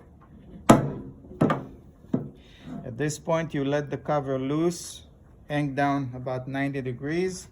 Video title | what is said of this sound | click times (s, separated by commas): DPH COVER REMOVAL AND INSTALL | but you can just hear it click into place | 0.7 s